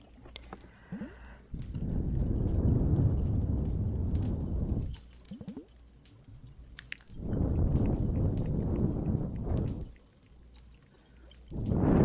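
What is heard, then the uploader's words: Heavy, low rushing surges of water swell up and fade in three waves, from about 1.5 to 5 seconds, 7 to 10 seconds, and again at the end. In the quieter gaps, sharp crackles and drips snap irregularly over a soft hiss. Some more Cave ASMR, Water and Fireplace added.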